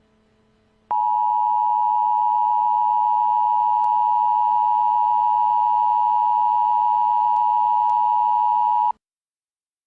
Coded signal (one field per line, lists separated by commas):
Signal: Emergency Alert System (SAME) tones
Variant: 853 and 960 Hz attention tone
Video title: EAS Scenario:Peppino Spaghetti